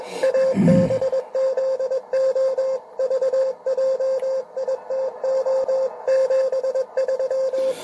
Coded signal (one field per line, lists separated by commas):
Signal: Morse code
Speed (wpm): 23 wpm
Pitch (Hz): 530 Hz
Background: radio noise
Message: ABZO VJITO 73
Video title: RADIOAFICION EN URUGUAY CX1SI GEO-cx1si qrp QRP PARTY - 28 Setiembre 2023 -participamos